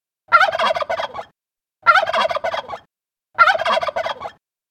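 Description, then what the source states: Turkey gobbling, three rapid rattling gobbles about one and a half seconds apart. Male (tom) gobbling before daybreak from his roost in a tree.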